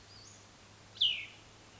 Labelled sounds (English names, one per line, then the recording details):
Cassin's Vireo
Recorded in Sonoma County, California